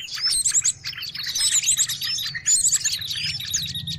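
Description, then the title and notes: Birds chattering with high chirps and quick trills over a low rumbling background hum. Noisy mix of bird calls used for luring birds. "Burung Ribut Pikat"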